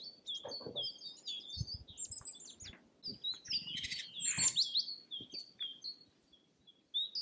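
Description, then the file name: Bird song of many short high chirps and whistled notes, with a few low thumps and rustles beneath. "ptaki"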